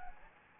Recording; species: mosquito wingbeat signal from an infrared sensor; Anopheles gambiae